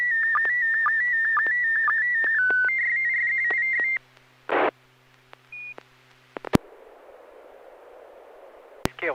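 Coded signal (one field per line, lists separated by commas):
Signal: SSTV (slow-scan television)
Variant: PD120 mode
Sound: warbling tone around 2 kHz with short low chirps twice a second, then hiss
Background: FM radio hiss, squelch bursts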